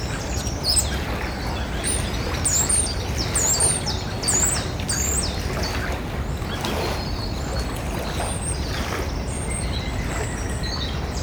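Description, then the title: Common starling pouring out high metallic trills and squeaky whistled notes in dense bursts, then sparser phrases, over a continuous low background hum. Bird singing very high-pitched metallic trills at 54 Rue de la Garonne, Beauzelle, France; recorded with an ORTF pair of Sennheiser MKH8040 microphones and a MixPre-6 recorder. "54 Rue de la Garonne, 31700 Beauzelle, France - Un étourneau sansonnet aux trilles métalliques"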